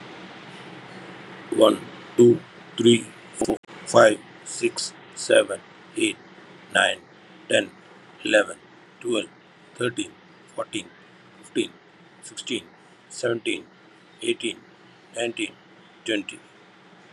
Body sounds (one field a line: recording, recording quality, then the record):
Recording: counting at a normal pace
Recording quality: excellent, no background noise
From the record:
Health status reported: healthy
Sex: male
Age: 42 years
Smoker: yes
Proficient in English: yes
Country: India